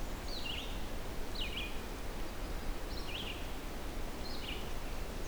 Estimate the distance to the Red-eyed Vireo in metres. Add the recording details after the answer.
about 75 m. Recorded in boreal forest in Alberta, Canada, on 4 June 2016 at 08:48. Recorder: SongMeter 3, array SBT-3-51. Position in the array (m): 29 m, 91 m